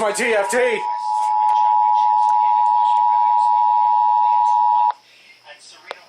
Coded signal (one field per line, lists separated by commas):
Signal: Emergency Alert System (SAME) tones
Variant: 853 and 960 Hz attention tone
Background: speech